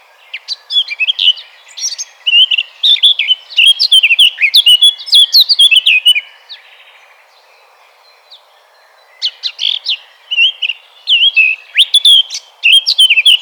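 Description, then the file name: Eurasian blackcap delivering rapid twittering phrases of varied chirps and warbles, a burst for about six seconds, a pause, then another run. "Sylvia atricapilla 180115"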